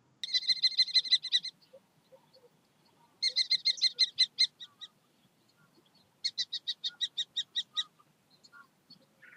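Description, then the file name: Common kestrel calling in three bursts of rapid, shrill kee-kee-kee notes, each run lasting over a second, separated by short quiet gaps. "gheppio"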